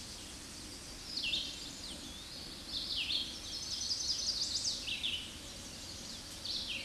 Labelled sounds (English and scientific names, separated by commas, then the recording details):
Red-eyed Vireo (Vireo olivaceus) song
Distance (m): 35 m
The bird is about 15 m above the microphone
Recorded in a Pennsylvania forest on 16 May 2024 at 08:15
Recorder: AudioMoth, point MSD-1338
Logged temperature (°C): 12.6 °C
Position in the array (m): 118 m, 71 m